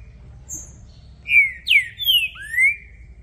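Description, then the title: Green-winged saltator song: a faint high note, then four rich slurred whistles, the second falling steeply. Recording used to warm up a contest bird; described as a brave male calling, singing and showing male display, switching between many song types; best for opening its song. "ESQUENTAR Seu TRINCA Piando, Cantando E Macheando Na DISPUTA. Trinca Ferro VALENTE! VIRANDO VARIOS TIPOS DE CANTOS!! ABRIR O CANTO!!"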